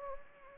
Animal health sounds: mosquito wingbeat signal from an infrared sensor; Anopheles gambiae

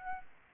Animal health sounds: mosquito wingbeat signal from an infrared sensor; Aedes albopictus

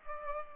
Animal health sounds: mosquito wingbeat signal from an infrared sensor; Culex pipiens

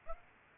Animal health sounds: mosquito wingbeat signal from an infrared sensor; Aedes aegypti

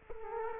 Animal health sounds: mosquito wingbeat signal from an infrared sensor; Culex quinquefasciatus

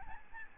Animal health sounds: mosquito wingbeat signal from an infrared sensor; Aedes albopictus

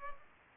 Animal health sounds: mosquito wingbeat signal from an infrared sensor; Culex pipiens

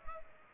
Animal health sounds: mosquito wingbeat signal from an infrared sensor; Culex pipiens

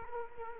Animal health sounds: mosquito wingbeat signal from an infrared sensor; Culex quinquefasciatus

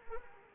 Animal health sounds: mosquito wingbeat signal from an infrared sensor; Anopheles arabiensis

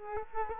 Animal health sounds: mosquito wingbeat signal from an infrared sensor; Culex quinquefasciatus

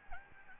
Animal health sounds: mosquito wingbeat signal from an infrared sensor; Aedes albopictus

